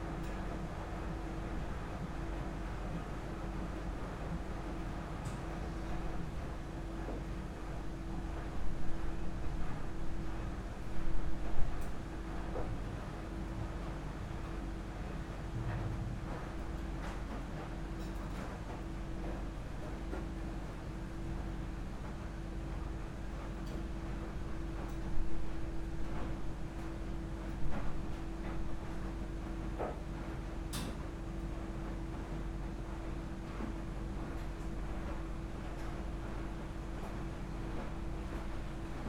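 Laundromat in Osaka, filled with a steady low machine rumble and a constant hum from the running washers and dryers. Small clicks and knocks drift through, with brief louder stretches of clatter around 9–12 seconds and again near 25–28 seconds.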